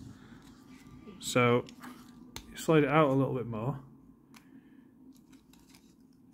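A plastic accessory piece is slid out a little further while being handled toward a mushroom-style peg on a plastic action figure. Someone talks, with a sharp tap near 2.4 s and faint light ticks between 4.4 and 5.8 s. Nothing has seated or clicked into place yet.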